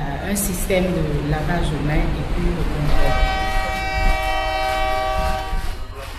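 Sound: train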